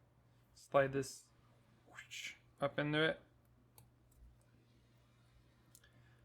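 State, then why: Seated. A piece on a headset mic wire is slid up into the headset's ear piece while someone talks. It clicks into place at 5.8 s and is seated.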